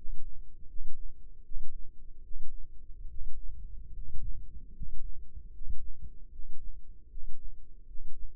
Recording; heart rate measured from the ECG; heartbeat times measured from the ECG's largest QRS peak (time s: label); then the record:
heart sounds by microphone in the left ear; 75 bpm
0.66 s: heartbeat
1.42 s: heartbeat
2.21 s: heartbeat
3.07 s: heartbeat
3.92 s: heartbeat
4.72 s: heartbeat
5.51 s: heartbeat
6.29 s: heartbeat
7.08 s: heartbeat
7.85 s: heartbeat
From the record:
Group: healthy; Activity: rest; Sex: male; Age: 35 years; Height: 180 cm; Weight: 86.9 kg